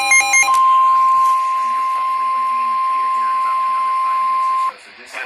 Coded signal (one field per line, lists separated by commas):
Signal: Emergency Alert System (SAME) tones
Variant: 1050 Hz attention tone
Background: speech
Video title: EAS: Alert Compilation (5/19/19) (EAS #37-57)